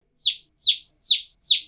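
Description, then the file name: Chicken peeping calls: four high, downward-sliding peeps spaced about 0.4 seconds apart, with silence between them. "pollo"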